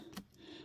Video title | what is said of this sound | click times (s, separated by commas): BMW E46 speaker upgrade and new wheels! | There you go. You just heard it pop in. | 0.2 s